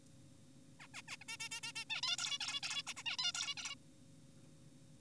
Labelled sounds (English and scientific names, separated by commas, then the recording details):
Zebra Finch (Taeniopygia guttata)
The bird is an adult
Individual g4p5U